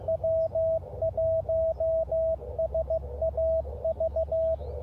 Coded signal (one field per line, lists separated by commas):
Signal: Morse code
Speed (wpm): 15 wpm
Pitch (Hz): 650 Hz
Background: radio noise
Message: W1SAV